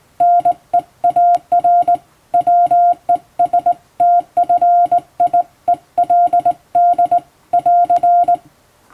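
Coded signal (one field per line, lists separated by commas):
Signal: Morse code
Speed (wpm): 20 wpm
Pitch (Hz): 700 Hz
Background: none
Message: NEAR WESTFIELD <AR>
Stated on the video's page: Hand-keyed Morse sent with a telegraph key from a telegram practice book, as a sending practice.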